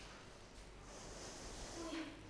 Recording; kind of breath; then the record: one breath in and out by a microphone near the nose and mouth; deep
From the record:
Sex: female